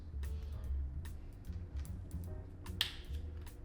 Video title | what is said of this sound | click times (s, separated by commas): Zebra RS6100 Review: Everything You Need to Know | Right. So, the scanner snapped into place and then | 2.8 s